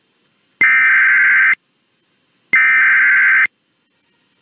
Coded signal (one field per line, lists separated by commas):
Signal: Emergency Alert System (SAME) tones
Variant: header bursts